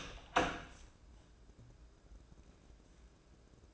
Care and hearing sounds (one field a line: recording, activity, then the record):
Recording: daily activity, microphone in the room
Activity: open door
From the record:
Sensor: 2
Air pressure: 1012.1 hPa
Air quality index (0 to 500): 158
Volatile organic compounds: 2 ppm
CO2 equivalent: 1157 ppm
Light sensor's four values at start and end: 472/1187/484/513 and 454/1140/464/491